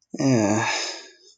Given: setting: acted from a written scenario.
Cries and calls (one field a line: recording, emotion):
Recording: vocal sound without words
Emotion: shame